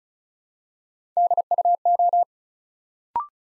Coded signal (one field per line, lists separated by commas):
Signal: Morse code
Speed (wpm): 36 wpm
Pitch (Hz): 700 Hz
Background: none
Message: DUO